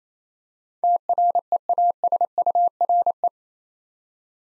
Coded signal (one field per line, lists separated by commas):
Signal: Morse code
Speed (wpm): 27 wpm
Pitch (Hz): 700 Hz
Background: none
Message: TREASURE